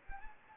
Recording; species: mosquito wingbeat signal from an infrared sensor; Anopheles gambiae